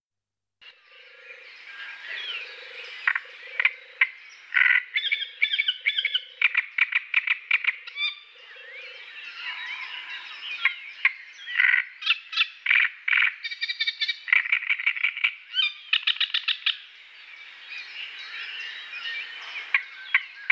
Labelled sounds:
Great Reed Warbler song
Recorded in the wild
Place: NSG Taubergießen / Reg.-Präs. Freiburg im Breisgau, Baden-Württemberg, DE
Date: 1979-05-20
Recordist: Schwarz, Dieter

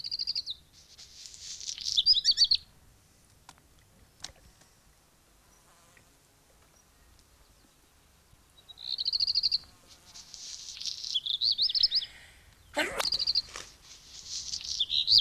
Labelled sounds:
Black Redstart song
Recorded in the wild
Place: Montreux, Kanton Waadt, CH
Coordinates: 46.4517, 6.97722
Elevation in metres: 1514
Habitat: mountains
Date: 1986-05-20
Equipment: Uher 4000 Report, Sennheiser MKH 815 T
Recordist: Tretzel, Erwin

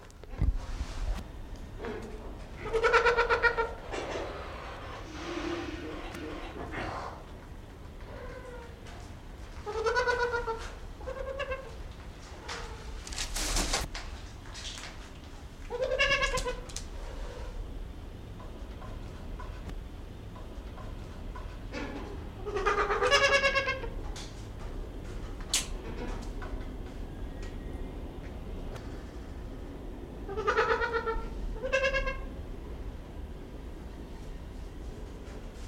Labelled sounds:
Trumpeter Hornbill
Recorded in captivity
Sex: pair
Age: adult
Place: Zoo Berlin, Berlin, DE
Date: 1994-02-11 11:47
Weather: Bedeckt, 4°C
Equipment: Marantz CP 130, Sennheiser ME 80, Kopie Uher Variocord 263
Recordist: Tembrock, Günter
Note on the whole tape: Männchen und Weibchen (höhere Stimme): Lautfolgen und Schnabelkratzen. Abstand 50 cm bis 1 m

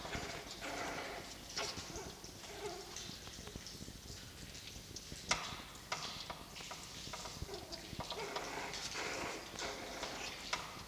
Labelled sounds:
Red Fox
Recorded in captivity
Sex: female
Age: juvenile
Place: Zoologisches Institut der HUB, Berlin, DE
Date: 1953-04-26 20:25
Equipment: Elmetra
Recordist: Tembrock, Günter

